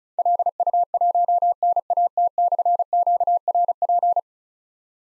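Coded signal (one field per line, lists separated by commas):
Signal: Morse code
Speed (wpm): 36 wpm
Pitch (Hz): 700 Hz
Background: none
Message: LU1NAT/QRP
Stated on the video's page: Morse drill of difficult call signs containing slashes at 35 wpm, each sent, spoken, then sent again.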